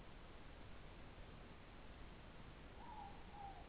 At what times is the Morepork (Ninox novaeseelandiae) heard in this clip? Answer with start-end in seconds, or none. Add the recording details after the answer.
2.64-3.68. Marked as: faintness 2/5. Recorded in New Zealand. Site Taranaki